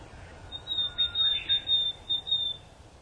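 Willow tit giving a run of several buzzy, nasal notes against a faint high tone and soft background noise.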